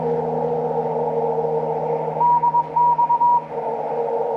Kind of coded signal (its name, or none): Morse code